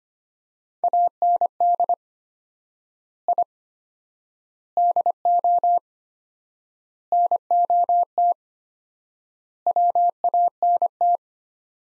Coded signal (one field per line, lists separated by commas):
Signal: Morse code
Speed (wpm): 25 wpm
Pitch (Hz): 700 Hz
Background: none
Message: AND I DO NOT WANT